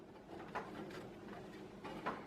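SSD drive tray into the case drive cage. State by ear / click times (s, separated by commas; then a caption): not seated / none. An SSD in its drive tray is slid along the rails of the drive cage in an Enermax Equilence PC case before being pushed home. A quiet, drawer-like sliding sound runs throughout, with two brief scraping bumps near 0.6 s and 2.1 s. Nothing has clicked or locked into place yet.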